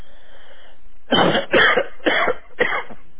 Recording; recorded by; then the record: voluntary cough; telephone call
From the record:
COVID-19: positive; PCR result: self-reported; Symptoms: yes